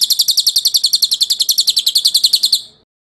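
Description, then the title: Bird song: a quick, even trill of high buzzy pulses that holds for over two seconds, then fades away. Masteran recording, a tutor track played to teach songbirds. "Suara masteran Burung"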